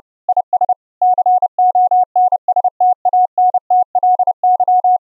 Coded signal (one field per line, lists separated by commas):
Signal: Morse code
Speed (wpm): 29 wpm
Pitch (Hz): 730 Hz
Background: none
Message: IS CONSTANTLY